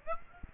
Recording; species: mosquito wingbeat signal from an infrared sensor; Aedes aegypti